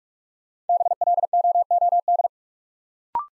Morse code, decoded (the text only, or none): BLOOD